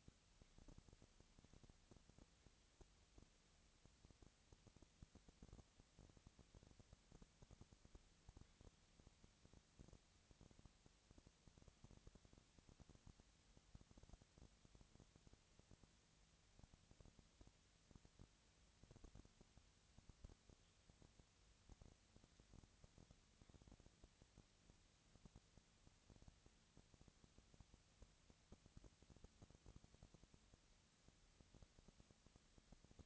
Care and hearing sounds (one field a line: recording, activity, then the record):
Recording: daily activity, microphone in the room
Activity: no activity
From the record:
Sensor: 3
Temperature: 20.4 degrees Celsius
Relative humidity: 34.4%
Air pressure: 996.8 hPa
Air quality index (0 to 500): 205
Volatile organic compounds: 68 ppm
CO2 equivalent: 3499 ppm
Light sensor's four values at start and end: 2/3/2/2 and 2/3/2/2